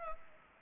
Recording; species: mosquito wingbeat signal from an infrared sensor; Anopheles arabiensis